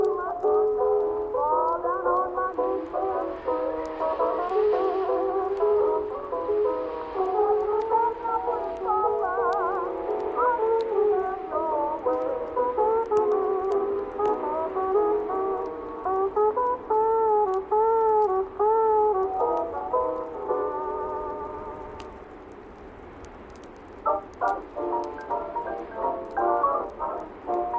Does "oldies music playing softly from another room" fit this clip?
yes